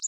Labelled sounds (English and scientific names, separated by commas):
Connecticut Warbler (Oporornis agilis) flight call